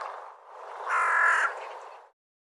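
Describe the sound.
Bird call, a single harsh, grating caw framed by softer rasping sound before and after.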